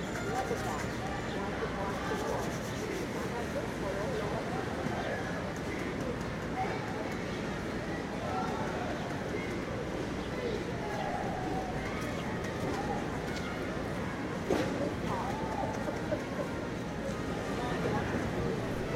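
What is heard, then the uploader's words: Washington Square Park in NYC, filled with a constant murmur of many overlapping voices and steady low traffic rumble. The crowd noise stays even throughout, with occasional brief louder sounds standing out, most noticeably around the fifteen-second mark. NYC Washington Square Park Nature and People.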